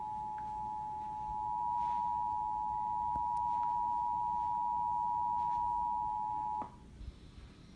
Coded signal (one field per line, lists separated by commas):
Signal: Emergency Alert System (SAME) tones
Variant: 853 and 960 Hz attention tone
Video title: WBAP EAS Child Abduction Emergency 6/7/20